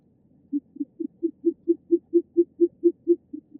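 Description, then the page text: Short-eared owl producing a quick, regular train of low hollow hoots, rising in volume then fading at the end. "Голос птицы - Болотная сова"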